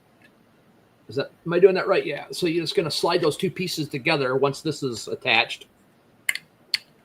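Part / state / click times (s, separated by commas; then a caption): clip half into its mating clip half on a mount / seated / 6.3 s, 6.7 s. Someone talks, then slides one half of a printed clip into its mating half on a mount. Sharp clicks at 6.3 s and 6.7 s mark the clip halves snapping into place, seated.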